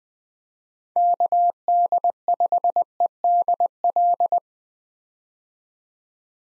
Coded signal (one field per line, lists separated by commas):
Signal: Morse code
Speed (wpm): 21 wpm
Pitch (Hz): 700 Hz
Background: none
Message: KD5EDL